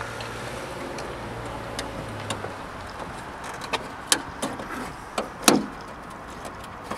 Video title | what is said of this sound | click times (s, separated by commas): How to convert a license plate light to led on 05 Mercedes C240. | they snap right in place guys | 4.1 s, 5.5 s